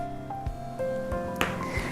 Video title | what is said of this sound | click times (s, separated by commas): 3D Collection Stitch the Center Panel 3 | I'm going to pull this pin out until I hear it pop out of the board | 1.4 s